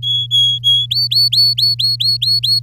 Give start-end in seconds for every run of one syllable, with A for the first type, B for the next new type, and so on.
0.02-0.86 A, 0.91-2.60 B